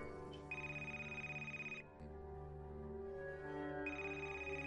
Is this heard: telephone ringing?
yes